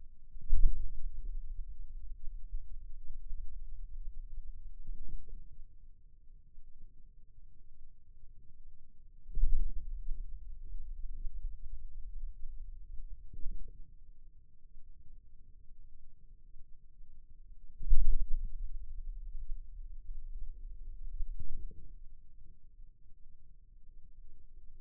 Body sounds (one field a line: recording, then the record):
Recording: forearm muscle sounds (acoustic myography)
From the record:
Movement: radial deviation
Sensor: system 2, bracelet of six BSWA MPA416 microphones around the upper forearm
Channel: 1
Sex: male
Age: 22 years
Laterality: right